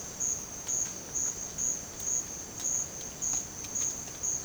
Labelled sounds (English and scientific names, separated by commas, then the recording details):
none
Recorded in secondary vegetation near Puerto Asís, Putumayo, Colombia, on 30 June 2025 at 13:30
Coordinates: 0.500, -76.326
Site GP08